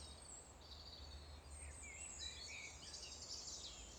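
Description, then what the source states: Birdsong of many thin, high chirps and twitters crowding together, while wind rumbles low and continuously in the background. Wind blowing.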